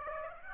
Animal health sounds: mosquito wingbeat signal from an infrared sensor; Aedes aegypti

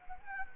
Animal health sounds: mosquito wingbeat signal from an infrared sensor; Anopheles arabiensis

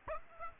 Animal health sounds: mosquito wingbeat signal from an infrared sensor; Aedes aegypti

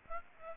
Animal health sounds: mosquito wingbeat signal from an infrared sensor; Aedes aegypti

